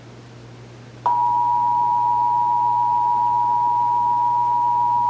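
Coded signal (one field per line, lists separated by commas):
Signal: Emergency Alert System (SAME) tones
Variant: 853 and 960 Hz attention tone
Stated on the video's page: Texas required monthly test EAS tones heard on multiple radio and TV stations including WBAP AM and FM.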